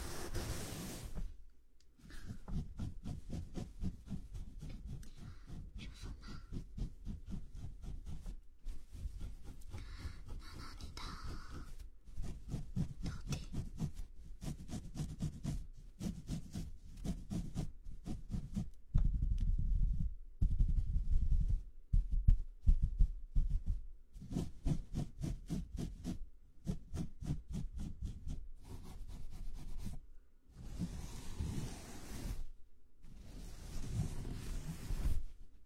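A head and shoulder massage, heard as a fast, steady run of soft tapping strokes, mostly low and thudding. The rhythm holds throughout with brief pauses near 2, 12 and 30 seconds, and short bursts of bright hiss around the start and end.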